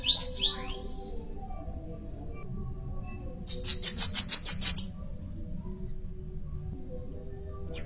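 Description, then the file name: Bananaquit song: two rising squeaky sweeps, then a high rapid buzzy trill, with another song beginning at the end. "canto da cambacica"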